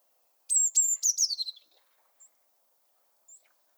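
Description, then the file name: Eurasian blue tit call, a few high thin notes running into a quick descending churring trill, then near silence with two faint high ticks. "Cyanistes caeruleus"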